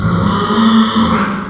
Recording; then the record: squeal of a Yucatan mini pig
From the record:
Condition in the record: after surgery on the right vocal fold (resection and tissue-engineered implant); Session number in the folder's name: 15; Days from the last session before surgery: 175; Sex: female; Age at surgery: 19 weeks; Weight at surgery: 25 kg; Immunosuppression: prednisolone